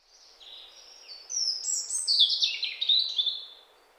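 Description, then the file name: European robin song, one sustained phrase of high, sweet, shifting notes and brief trills that swell in the middle and fade out, over a faint background hiss. "Erithacus rubecula"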